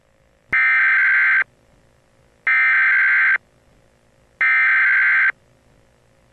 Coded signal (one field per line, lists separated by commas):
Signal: Emergency Alert System (SAME) tones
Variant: header bursts